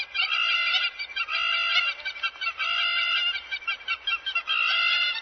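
Hamerkop calling in loud, buzzy nasal bursts, long strained notes alternating with short quick yips, repeated throughout.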